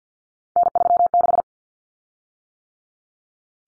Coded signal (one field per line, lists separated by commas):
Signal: Morse code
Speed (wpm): 50 wpm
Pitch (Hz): 700 Hz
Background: none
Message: N36